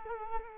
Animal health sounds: mosquito wingbeat signal from an infrared sensor; Culex quinquefasciatus

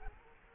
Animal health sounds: mosquito wingbeat signal from an infrared sensor; Culex quinquefasciatus

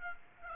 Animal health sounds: mosquito wingbeat signal from an infrared sensor; Aedes aegypti

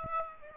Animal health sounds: mosquito wingbeat signal from an infrared sensor; Aedes aegypti

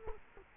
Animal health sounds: mosquito wingbeat signal from an infrared sensor; Culex quinquefasciatus

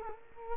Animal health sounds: mosquito wingbeat signal from an infrared sensor; Culex quinquefasciatus

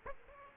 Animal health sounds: mosquito wingbeat signal from an infrared sensor; Aedes aegypti

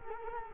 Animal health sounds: mosquito wingbeat signal from an infrared sensor; Culex quinquefasciatus

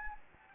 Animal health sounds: mosquito wingbeat signal from an infrared sensor; Anopheles gambiae

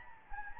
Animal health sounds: mosquito wingbeat signal from an infrared sensor; Anopheles gambiae

